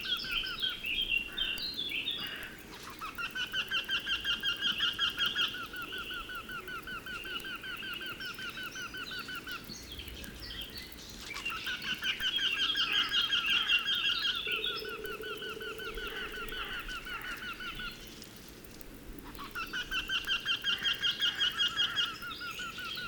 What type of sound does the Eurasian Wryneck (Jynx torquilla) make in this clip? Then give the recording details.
call. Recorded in the wild. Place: Ciucurova, Dobrogea, RO. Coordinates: 44.933, 28.483. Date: 1976-05-29. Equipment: Nagra III BH, Sennheiser MD 21, parabola. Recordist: Schubert, Michael